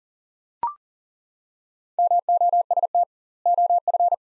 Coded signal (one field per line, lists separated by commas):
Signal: Morse code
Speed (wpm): 40 wpm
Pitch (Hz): 700 Hz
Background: none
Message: MOST OF